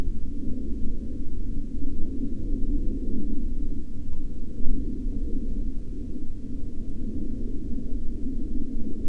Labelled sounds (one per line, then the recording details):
aircraft
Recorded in the Prudhoe Bay oil fields, Alaska, on 11 May 2019 at 13:16
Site 17